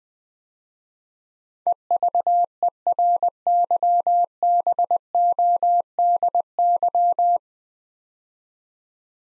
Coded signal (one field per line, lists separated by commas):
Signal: Morse code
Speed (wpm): 20 wpm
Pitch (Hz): 700 Hz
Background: none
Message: EVERYBODY